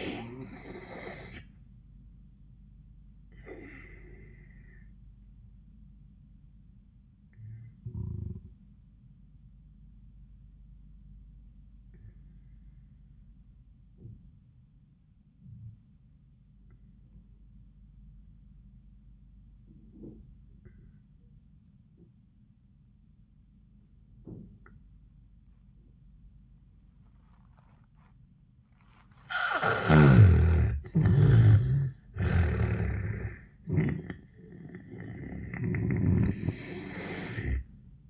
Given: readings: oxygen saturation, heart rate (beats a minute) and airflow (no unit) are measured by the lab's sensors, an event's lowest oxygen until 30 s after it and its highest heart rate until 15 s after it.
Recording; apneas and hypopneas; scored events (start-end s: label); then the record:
breathing in sleep by a smartphone at the bedside; 1
3.00-31.10 s: obstructive apnea (N2, oxygen 95% highest, then 76% lowest)
From the record:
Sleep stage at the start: N2 (light sleep); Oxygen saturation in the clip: 78 to 95%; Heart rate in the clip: 75 to 93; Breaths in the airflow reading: 2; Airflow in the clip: -12.2 to 10.8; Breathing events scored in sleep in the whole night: 400 in 8.7 hours asleep